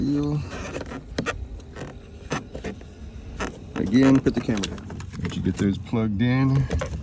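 Someone talks while handling the power mirror/window control switch of a 2010 E150 Econoline door during a side mirror replacement, with its connectors being plugged in before it is pressed into its opening in the plastic door trim panel. Short rattles and light clicks of handling are heard. Nothing has seated or clicked into place yet.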